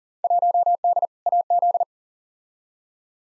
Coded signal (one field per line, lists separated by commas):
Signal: Morse code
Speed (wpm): 40 wpm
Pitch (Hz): 700 Hz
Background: none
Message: 1D AZ